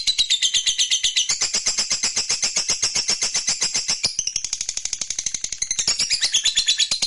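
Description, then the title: Lovebird producing a continuous shrill chattering trill made of quick repeated pulses that waver in pitch. Fighter lovebird giving a long ngekek trill. "Begitu Dengar Suara Lovebird FIGHTER NGEKEK PANJANG"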